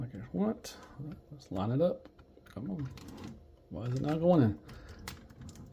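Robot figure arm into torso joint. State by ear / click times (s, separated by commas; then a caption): seated / 5.1 s. Someone talks while trying to line up and push the arm of a Blitzway Carbotix Series 10th Anniversary Voltron: Legendary Defender Special Limited Edition robot figure into its torso shoulder joint, which at first does not go in. After the failed try, the arm piece is pressed in and a sharp click is heard at 5.1 s as it seats into place.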